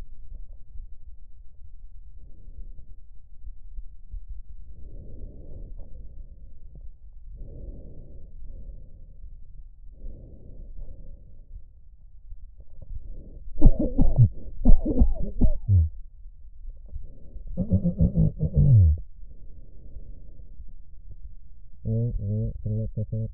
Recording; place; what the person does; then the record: lung sounds by stethoscope; left posterior apical chest; quiet breathing, then cough and speech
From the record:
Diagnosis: none (healthy); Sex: male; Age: 45 years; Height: 173 cm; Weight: 92 kg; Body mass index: 30.7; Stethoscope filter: extended mode